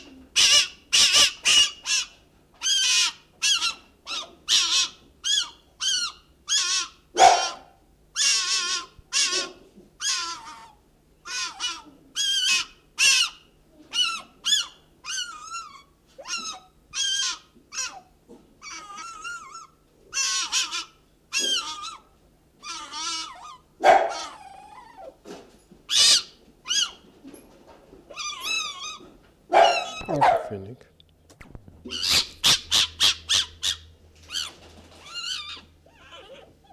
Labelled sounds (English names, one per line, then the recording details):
Fennec Fox
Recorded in captivity
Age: adult
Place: Tierpark Berlin, Berlin, DE
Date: 1969-03-22 10:00
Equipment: Uher 4200 Report Stereo, Sennheiser MD 421, Verstärker 1, Doppelspuraufnahme
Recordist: Tembrock, Günter